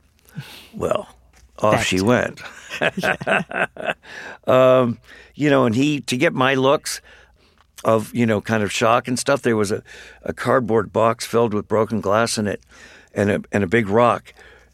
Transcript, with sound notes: Well, off she went (laughter). You know, and he to get my looks, of, you know, kind of shock and stuff, there was a cardboard box filled with broken glass in it and a big rock.